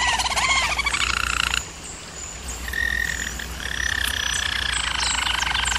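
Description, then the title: German Roller canary rolling song: a quick bubbling roll, a brief pause, then smooth sustained rolling tours at two pitch levels. Singing used for canary training. "German Roller Canary Singing - Canary Training Vid"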